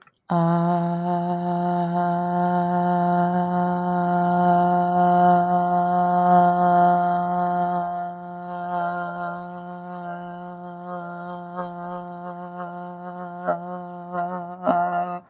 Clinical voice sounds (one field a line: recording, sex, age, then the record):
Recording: vowel held as long as possible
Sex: female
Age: 20 to 29 years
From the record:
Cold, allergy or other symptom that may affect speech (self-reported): no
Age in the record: 22 years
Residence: Georgia, United States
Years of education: 17